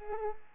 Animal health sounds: mosquito wingbeat signal from an infrared sensor; Culex pipiens

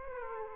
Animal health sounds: mosquito wingbeat signal from an infrared sensor; Aedes aegypti

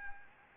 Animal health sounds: mosquito wingbeat signal from an infrared sensor; Anopheles gambiae

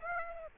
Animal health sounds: mosquito wingbeat signal from an infrared sensor; Aedes aegypti

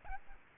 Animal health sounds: mosquito wingbeat signal from an infrared sensor; Aedes aegypti

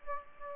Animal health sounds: mosquito wingbeat signal from an infrared sensor; Aedes aegypti

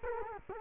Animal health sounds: mosquito wingbeat signal from an infrared sensor; Culex quinquefasciatus

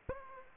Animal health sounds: mosquito wingbeat signal from an infrared sensor; Aedes aegypti

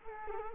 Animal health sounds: mosquito wingbeat signal from an infrared sensor; Culex quinquefasciatus

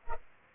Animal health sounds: mosquito wingbeat signal from an infrared sensor; Culex pipiens

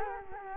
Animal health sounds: mosquito wingbeat signal from an infrared sensor; Culex quinquefasciatus

